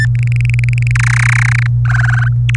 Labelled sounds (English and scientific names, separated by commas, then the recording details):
Domestic Canary (Serinus canaria) song
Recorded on 24 April 2018 at 17:22
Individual llb3